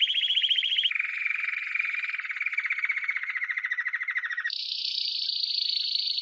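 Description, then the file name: Canary song in long rapid trills, most held for a second or more before switching to a new pitch, the last trill shrill and steady. "Canary Voice"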